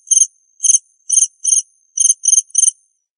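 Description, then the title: Cricket with seven short, high, rasping chirps, roughly two or three a second, on an otherwise silent background. "suara Hujan Guntur Suara Jangkrik Dan Burung"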